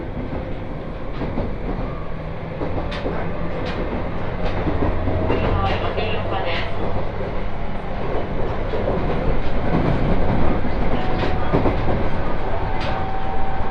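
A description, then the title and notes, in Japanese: A Tohoku Main Line train running northbound from Kitakami to Morioka, heard as a steady, dense rumble of wheels on track. Sharp clicks and clacks break through irregularly, with faint tonal whines sliding in and out and the noise growing slightly louder over time. 東北本線下り 北上→盛岡。701系4両編成。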